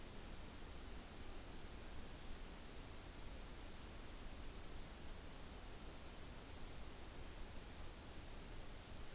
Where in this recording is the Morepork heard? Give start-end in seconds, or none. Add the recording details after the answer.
none. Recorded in New Zealand on 29 April 2014. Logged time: 02:19. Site Ponui